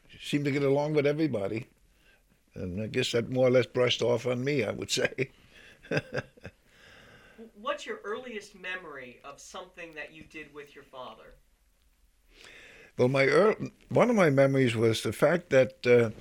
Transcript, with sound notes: seemed to get along with everybody. And I guess that more or less brushed off on me, I would say. (he laughs)
What's your earliest memory of something that you did with your father?
Well, my eariest, one of my memories was the fact that,